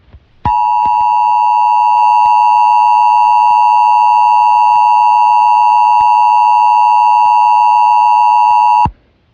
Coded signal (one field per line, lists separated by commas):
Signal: Emergency Alert System (SAME) tones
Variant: 853 and 960 Hz attention tone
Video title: EAS Flood Watch Mock